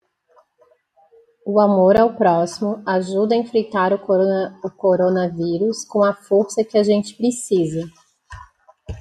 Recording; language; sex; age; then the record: spoken sentence; Brazilian Portuguese; female; 40 to 49 years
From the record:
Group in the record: control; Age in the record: 41 years